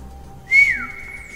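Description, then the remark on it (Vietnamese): A man purses his lips and gives one sharp, high mouth whistle that rings out alone, holding a steady bright pitch for a moment before sliding gently downward and trailing off. “Y chúm miệng huýt sáo một tiếng, ba con trăng khổng lồ lập tức cuộn chặt lại.”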